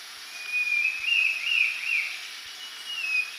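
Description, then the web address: Brown-billed scythebill song, a thin wavering whistled series that rises and falls across about three seconds, over a steady high hiss. Ecuador. "Birds of Ecuador Brown-billed Scythebill"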